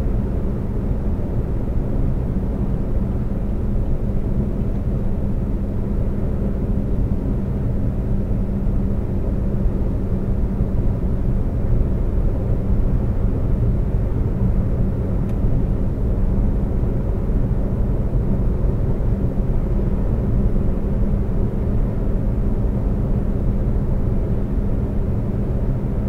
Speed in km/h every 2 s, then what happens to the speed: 132, 132, 132, 134, 132, 132, 130, 130, 130, 130, 130, 130, 130.
0-26 steady at about 130.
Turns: none.